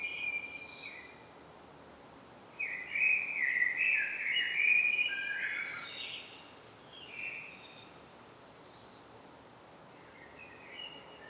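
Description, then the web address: Common blackbird song, one rich, loud warbled phrase dropping and rising around the middle, followed by fainter fluty notes and a quiet twittery ending. "pub SETE data Turdus merula"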